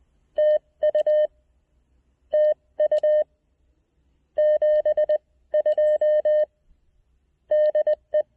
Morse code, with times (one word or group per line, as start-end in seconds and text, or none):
0.4-1.3 TU
2.3-3.2 TU
4.4-6.4 72
7.5-8.2 DE